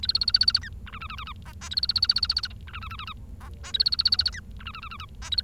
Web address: nccratliri vad-multi-species. bengalese finch